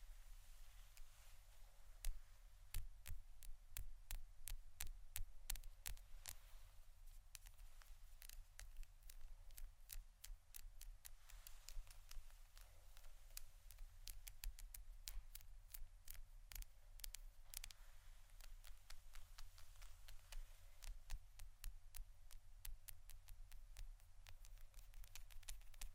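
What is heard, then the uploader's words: Pure tapping: dense, irregular sharp clicks and taps throughout, bright, over a steady low hum and faint hiss. ASMR Pure Tapping （No Talking）.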